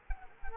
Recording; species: mosquito wingbeat signal from an infrared sensor; Culex quinquefasciatus